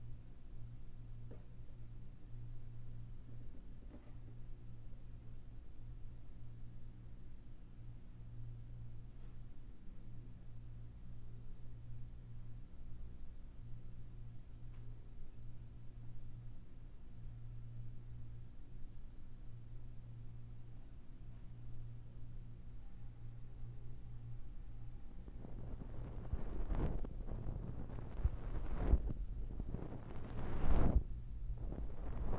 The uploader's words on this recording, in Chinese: 掏耳 ASMR。